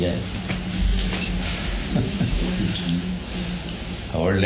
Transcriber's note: laughs